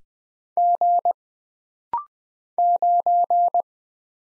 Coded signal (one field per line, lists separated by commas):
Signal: Morse code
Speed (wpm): 20 wpm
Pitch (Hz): 700 Hz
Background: none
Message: G 9